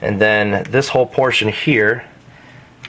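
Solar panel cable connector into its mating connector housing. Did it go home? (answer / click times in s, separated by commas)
yes / 2.9 s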